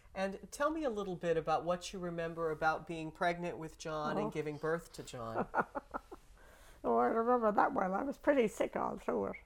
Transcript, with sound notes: And tell me a little bit about what you remember about being pregnant with John and giving birth to John.
Oh. (she laughs) Oh, I remember that well. Well, I was pretty sick all through it.